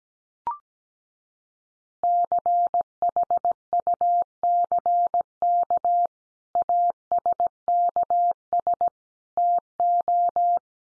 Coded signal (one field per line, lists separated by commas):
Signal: Morse code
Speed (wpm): 17 wpm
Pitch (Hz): 700 Hz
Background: none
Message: CHUCK ASKS TO